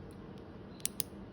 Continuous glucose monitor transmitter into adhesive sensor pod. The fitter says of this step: snap down nice and now it says rub it around